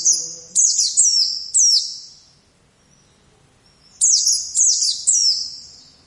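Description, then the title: White-eye chirping in quick runs of three high, down-slurred notes, two runs separated by a pause. "Pleci"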